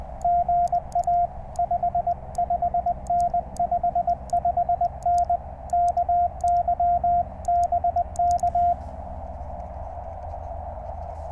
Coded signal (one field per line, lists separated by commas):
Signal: Morse code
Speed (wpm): 20 wpm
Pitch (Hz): 700 Hz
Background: radio noise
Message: GA 55N 55N KY BK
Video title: Amazing DX during a QRP CW POTA Activation!!